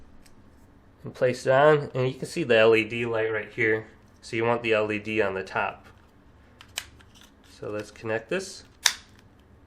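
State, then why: Seated. Someone talks while a small connector from the back paddle cover of an Extreme Rate Remap Kit is pressed down onto a PS5 controller board. Faint ticks of handling come before one loud, sharp snap at 8.9 s, when the back paddle module connector seats onto the board.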